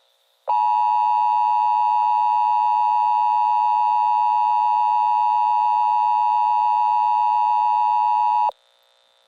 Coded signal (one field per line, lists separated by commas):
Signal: Emergency Alert System (SAME) tones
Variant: 853 and 960 Hz attention tone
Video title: |Part 1| EAS Scenario #21 - Theia Virus (T30-Virus)